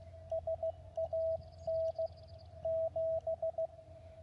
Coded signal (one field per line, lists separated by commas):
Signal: Morse code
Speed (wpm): 15 wpm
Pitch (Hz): 650 Hz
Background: radio noise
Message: SAN 7